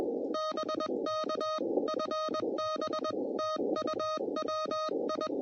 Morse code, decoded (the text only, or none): BK FB TU WI